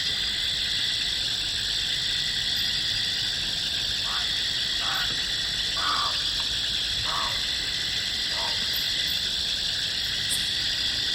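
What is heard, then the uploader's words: Insects and frogs at night by the Yacuma River in the Bolivian Amazon. A dense, unbroken insect chorus holds several bright, steady buzzing tones throughout, while from about four to eight and a half seconds short frog calls sound in the middle range, roughly once a second. Insects and frogs at Yacuma River. Insects and frogs at midnight in the jungles of Bolivian Amazonia. Recorded by Erick Ruiz Arellano.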